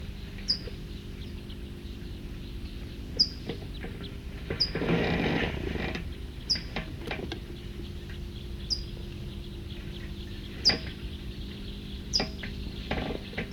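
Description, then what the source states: Rufous-sided Towhee calls: sharp, high, down-slurred chips repeated every one to three seconds over a low steady hum, with a short rustling burst midway. Male and female of a pair calling back and forth to each other, answering one another.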